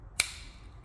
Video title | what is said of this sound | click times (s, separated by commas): 튜브 벤딩, PARKER 수동 튜브 벤딩기(4-2829S) 사용법 설명, 1/4" O.D TUBE 용, RADIUS 9/16" | 아 딸깍 소리가 났습니다. | 0.2 s